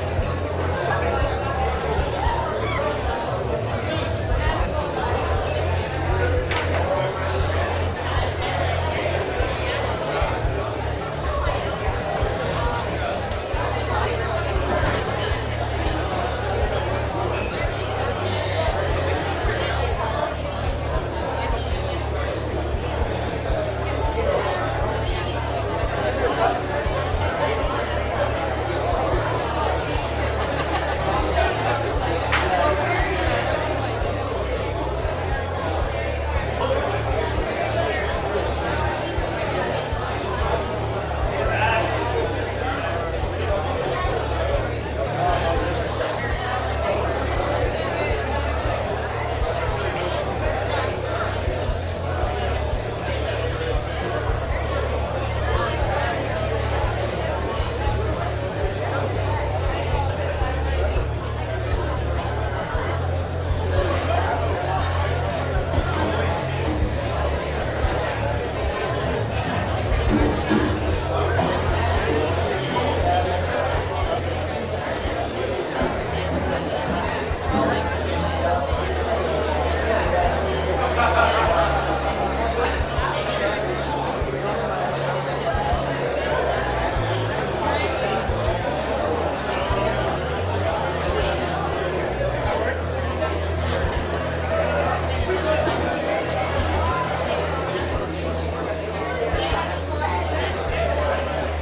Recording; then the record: background sound without coughing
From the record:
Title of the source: CITY SOUNDS Busy Bar in the Evening Night - 2 HOURS of Ambiance for Relaxation